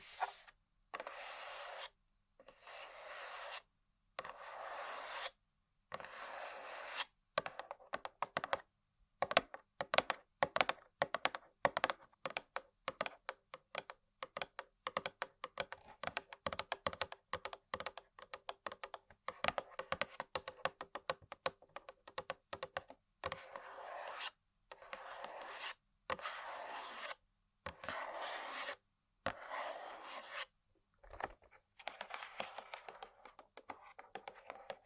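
Dry tapping and scratching on hard objects, bursts of quick clicks alternating with brief silences throughout.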